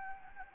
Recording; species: mosquito wingbeat signal from an infrared sensor; Anopheles gambiae